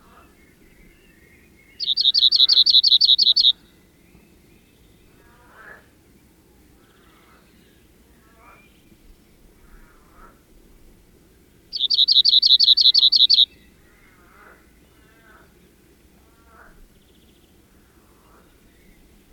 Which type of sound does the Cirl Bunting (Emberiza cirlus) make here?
song